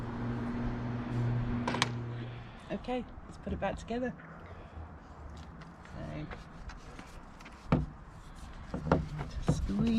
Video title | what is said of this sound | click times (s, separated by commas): DIY changing the Fuel Filter, Air Filter and Cabin Filter on a 2016 Peugeot Boxer 2.2cc diesel | keep tightening it until you hear it click | 1.8 s